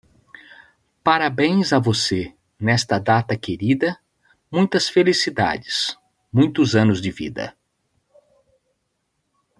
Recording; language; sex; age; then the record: short text; Brazilian Portuguese; male; 50 to 59 years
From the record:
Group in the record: control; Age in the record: 51 years